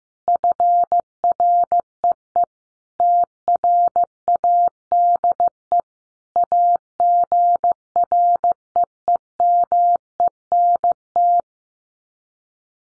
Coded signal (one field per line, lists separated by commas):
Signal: Morse code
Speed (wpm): 15 wpm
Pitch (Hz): 700 Hz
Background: none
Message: FREE TRADE AGREEMENT